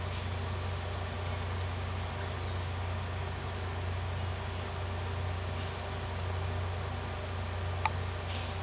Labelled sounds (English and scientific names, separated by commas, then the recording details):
none
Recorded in pastures near Puerto Asís, Putumayo, Colombia, on 12 March 2025 at 12:30
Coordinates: 0.466, -76.322
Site CSA-02